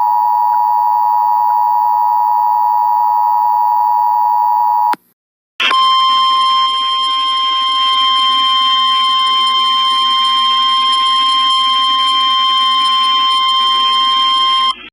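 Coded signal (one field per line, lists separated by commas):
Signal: Emergency Alert System (SAME) tones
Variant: 853 and 960 Hz attention tone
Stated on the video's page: Recreated EAS flash flood warning for St. Louis as it could have looked on TV.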